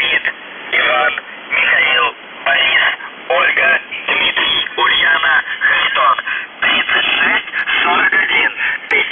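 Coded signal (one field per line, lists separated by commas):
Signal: coded military voice message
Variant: UVB-76, Russian voice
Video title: The Buzzer/UVB-76(4625Khz) July 22, 2021 09:15UTC Voice message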